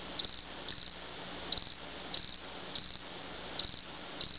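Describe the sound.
Insect chirping in short pulsed bursts of about five rapid clicks, high-pitched, coming in slightly uneven groups under a second apart.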